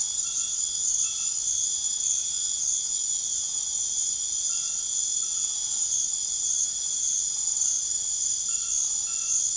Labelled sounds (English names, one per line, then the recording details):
none
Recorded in secondary vegetation near Puerto Asís, Putumayo, Colombia, on 12 March 2025 at 23:30
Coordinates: 0.489, -76.322
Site G042